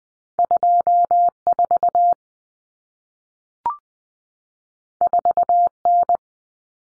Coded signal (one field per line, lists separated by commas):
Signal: Morse code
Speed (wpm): 20 wpm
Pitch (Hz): 700 Hz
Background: none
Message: 24 4N